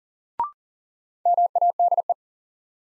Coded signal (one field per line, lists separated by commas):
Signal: Morse code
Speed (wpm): 40 wpm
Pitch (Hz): 700 Hz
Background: none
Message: MADE